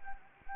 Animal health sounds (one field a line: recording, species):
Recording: mosquito wingbeat signal from an infrared sensor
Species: Anopheles gambiae